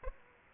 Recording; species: mosquito wingbeat signal from an infrared sensor; Aedes aegypti